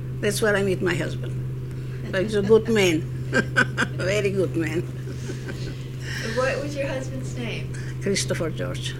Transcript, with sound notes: That's where I meet my husband. But he's a good man. (she laughs) Very good man.
What was your husband's name?
Christopher George.